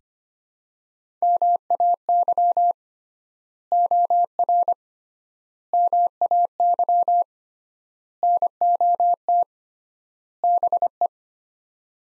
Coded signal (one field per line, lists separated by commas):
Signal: Morse code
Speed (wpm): 25 wpm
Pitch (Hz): 700 Hz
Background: none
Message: MAY OR MAY NOT BE